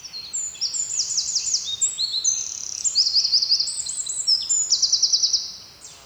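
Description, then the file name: Eurasian wren delivering an energetic high-pitched song of tumbling notes and three or four fast rattling trills, ending abruptly after about five seconds. "Troglodytes troglodytes"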